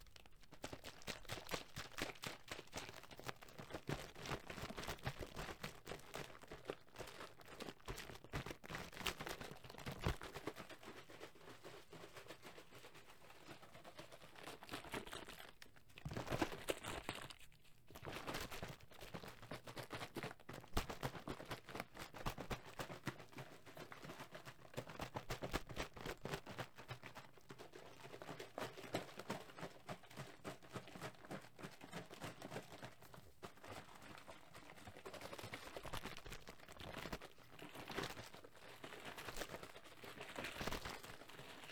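Liquid being shaken, heard as a dense, continuous patter of sloshing splashes and crackling ticks that runs the whole time. The rhythm is irregular but steady in level, with a louder, rougher burst around sixteen to eighteen seconds.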